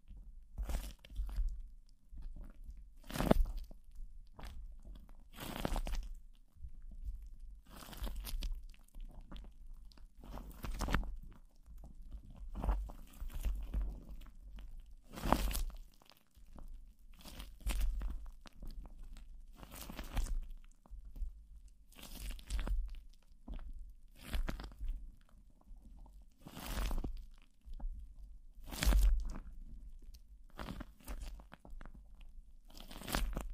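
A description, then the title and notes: Plastic wrap rubs and crinkles right against the microphone, with sharp crunching bursts arriving every two to three seconds. Between the bursts there is a softer, dense rustling and a low, steady rumble. PLASTIC WRAP ON THE MIC (EXTRA TINGLY).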